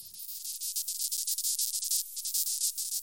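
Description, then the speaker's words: Messor capitatus stridulation: a rapid train of high, hissing chirp pulses. Chirping of a queen of the species, kept in a laboratory colony. "Auf den ersten Blick scheint die Kontrolle einer Königin, wie dieser der Spezies Messor capitatus, deren Zirpen zu hören ist, freilich total."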